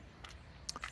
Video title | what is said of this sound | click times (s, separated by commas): 2023 Scout Kenai Truck Camper Exterior Tour | it's vented uh they're coming with these nicer latches now which I like click into place | 0.7 s